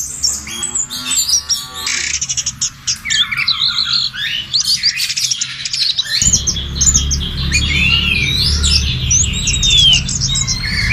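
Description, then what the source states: Bird chorus of busy, high chirping and twittering with overlapping warbled phrases and whistled slurs, growing fuller and louder over a low background hum in the second half. Birdsong chorus used for training pet birds to sing.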